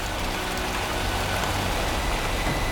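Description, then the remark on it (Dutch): Steady rain pours down in a dense, even hiss of countless drops, with no pauses or voices, holding at a constant moderate loudness throughout. “Het is februari 1672 en het regent, dagen achter elkaar.”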